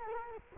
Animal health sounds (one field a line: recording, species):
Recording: mosquito wingbeat signal from an infrared sensor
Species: Culex quinquefasciatus